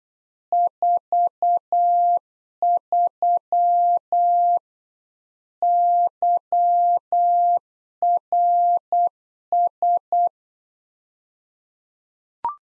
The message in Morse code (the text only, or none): 43 YRS